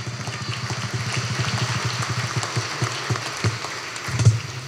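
An audience applauds in a dense, steady wash of clapping that holds at an even level for several seconds, swelling briefly near the end, with no voices over it.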